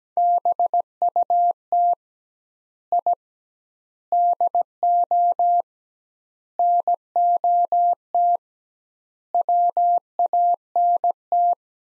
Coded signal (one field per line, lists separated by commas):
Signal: Morse code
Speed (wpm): 17 wpm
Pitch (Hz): 700 Hz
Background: none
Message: BUT I DO NOT WANT